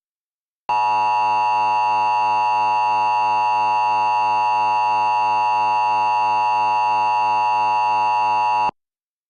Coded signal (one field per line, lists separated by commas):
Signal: Emergency Alert System (SAME) tones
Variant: 853 and 960 Hz attention tone